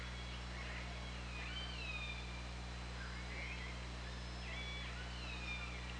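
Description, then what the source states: Killer whale whistles, repeated swooping tones rising and falling over a constant low mechanical hum underwater. Recorded on the OrcaLab hydrophone, 24 August 2017 at 20:31.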